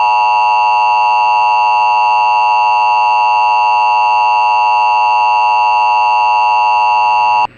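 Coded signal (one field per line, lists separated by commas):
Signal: Emergency Alert System (SAME) tones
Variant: 853 and 960 Hz attention tone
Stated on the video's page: Fictional analog-horror EAS scenario using valid tones generated by an EAS encoder.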